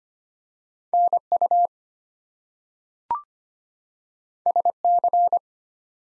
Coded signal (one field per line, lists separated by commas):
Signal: Morse code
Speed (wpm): 25 wpm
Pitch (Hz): 700 Hz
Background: none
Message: NU SC